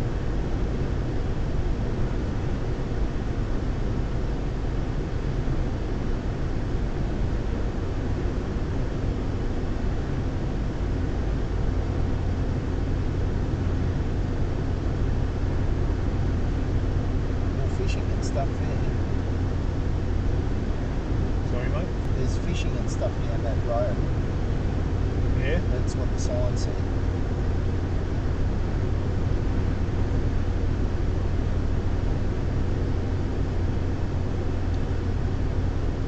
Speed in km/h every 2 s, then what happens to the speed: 122, 121, 121, 121, 121, 121, 121, 121, 121, 121, 122, 122, 122, 122, 121, 122, 122, 122.
0-36 steady at about 121.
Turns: none.